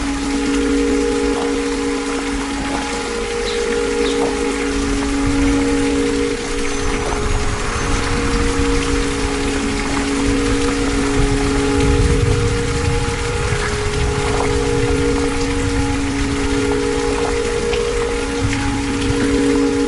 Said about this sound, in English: It's just like basically field recordings of spring in Italy. Spring in Italy. Water spring.